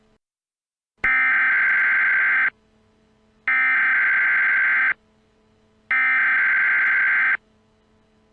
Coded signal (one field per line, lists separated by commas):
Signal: Emergency Alert System (SAME) tones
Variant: header bursts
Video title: Eas Scenario: IT chapter 2 Rioting (Re uploaded)